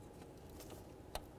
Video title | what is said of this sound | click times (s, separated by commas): How to Replace Distributor 1995-2000 Chevy Tahoe | listen for a click give it a nice tug | 1.2 s